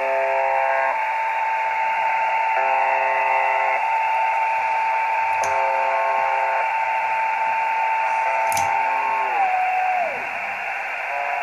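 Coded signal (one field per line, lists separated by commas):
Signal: channel marker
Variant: UVB-76 (The Buzzer)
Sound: four short, harsh, low buzzes about two seconds apart over constant radio hiss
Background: radio static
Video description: Nadaje na częstotliwości 4625 kHz. W Polsce UVB-76 jest dobrze słyszalny po zachodzie słońca. Potoczna nazwa tej stacji to "brzęczyk" (ang. buzzer)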